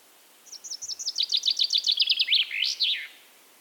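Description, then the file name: Common chaffinch song: a quick series of high chirps dropping and speeding into a rattling trill, ending in a bright flourish, in one phrase of about two and a half seconds. "Fringilla coelebs"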